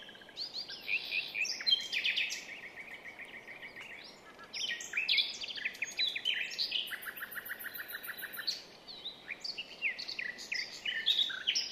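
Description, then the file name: Common nightingale song: varied high phrases mixing rapid repeated note trills, chirps and whistled notes, with pauses between bursts. "Luscinia megarhynchos"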